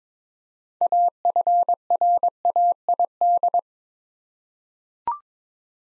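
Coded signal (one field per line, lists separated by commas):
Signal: Morse code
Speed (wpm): 21 wpm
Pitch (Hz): 700 Hz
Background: none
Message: AFRAID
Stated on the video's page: Head-copy practice of six-letter words at 22 wpm.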